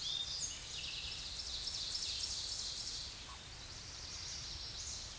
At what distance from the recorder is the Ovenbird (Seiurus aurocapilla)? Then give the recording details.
about 40 m. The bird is about level with the microphone. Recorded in a Pennsylvania forest on 16 May 2024 at 07:22. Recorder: AudioMoth, point MSD-0627. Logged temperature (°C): 14.8 °C. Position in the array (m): 149 m, -6 m